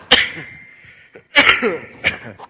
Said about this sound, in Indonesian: Alergi batuk-batuk.